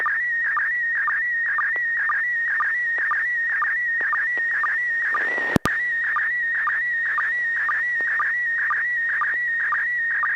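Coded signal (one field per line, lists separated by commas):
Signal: SSTV (slow-scan television)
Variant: PD120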